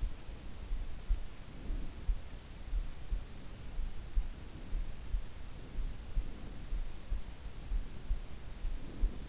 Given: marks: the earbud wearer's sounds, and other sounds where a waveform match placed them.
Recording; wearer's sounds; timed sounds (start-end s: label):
sounds in sleep by an in-ear microphone; breath
0.67-2.13 s: breath
3.17-4.89 s: breath
5.68-6.84 s: breath
7.76-9.28 s: breath